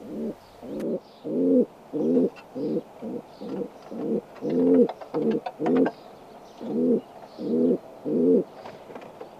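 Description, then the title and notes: Feral pigeon giving many low, throaty coos in a series. "Viikon luontoääni: Kesykyyhky. Juha Laaksonen"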